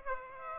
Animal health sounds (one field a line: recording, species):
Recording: mosquito wingbeat signal from an infrared sensor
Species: Aedes aegypti